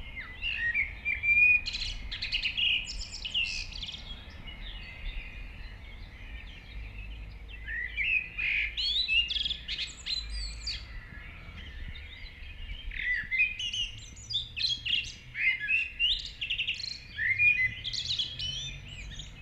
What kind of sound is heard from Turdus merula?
song